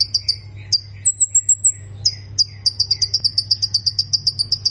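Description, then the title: Plain prinia song: a few high chips, then a short run of thin, very high notes, then a long steady series of rapid buzzy chips repeating several times a second, over a low hum. "Ciblek Sawah"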